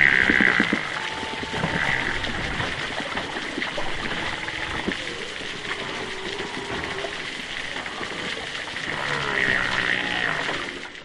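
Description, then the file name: Humpback whale underwater: faint drawn-out tonal moans and sweeps, partly buried under steady hissing water noise. Underwater recording, distant whales, east Australia, August, choppy water movement. "zapsplat animals whales humpback underwater distant east australia"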